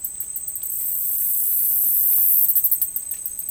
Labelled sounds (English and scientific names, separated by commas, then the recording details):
none
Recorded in dense forest near Puerto Asís, Putumayo, Colombia, on 22 June 2025 at 11:30
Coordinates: 0.503, -76.323
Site G059